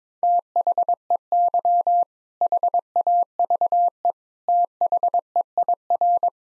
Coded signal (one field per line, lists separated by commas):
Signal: Morse code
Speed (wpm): 22 wpm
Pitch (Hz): 700 Hz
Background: none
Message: THEY HAVE THEIR